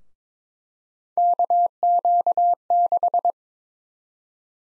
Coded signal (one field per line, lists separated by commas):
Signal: Morse code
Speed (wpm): 22 wpm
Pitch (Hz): 700 Hz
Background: none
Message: KQ6